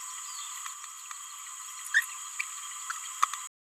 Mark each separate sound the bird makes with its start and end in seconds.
1.94-2.01